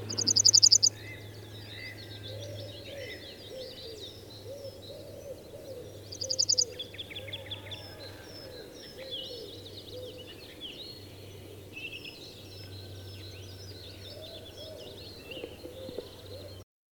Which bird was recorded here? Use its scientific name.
Emberiza citrinella